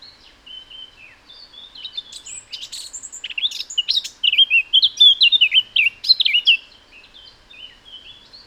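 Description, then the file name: Eurasian blackcap song: a rich, rapid warble of varied whistled and chattering notes, starting softly and building to a loud, fluty flourish before fading. "Sylvia atricapilla"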